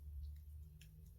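A decorative clip-on piece that clicks into place without glue is pushed onto a twig wreath. A low hum and soft rustling run under the clip, and a short, sharp click at 0.8 s shows the piece has seated.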